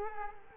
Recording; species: mosquito wingbeat signal from an infrared sensor; Culex quinquefasciatus